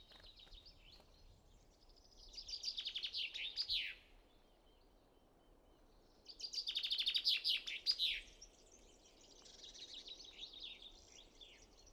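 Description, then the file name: Common chaffinch song: two bright descending trills ending in a flourish, each about two seconds, followed by a fainter third phrase; low background hiss throughout. "Fringilla coelebs"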